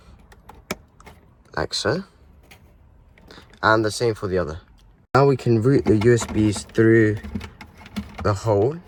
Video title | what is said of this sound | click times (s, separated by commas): How to install AUX in and usb to Android Head Unit in Volvo XC90 MK1 (2002-2014) | and then just push it until it clicks. Like | 0.7 s